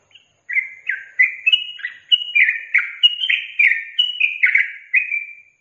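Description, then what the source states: Yellow-vented bulbul song: a continuous run of liquid, chortling whistled notes, delivered rapidly for about five seconds. Songbird training (masteran) recording of trucukan song in tembakan and ropel styles.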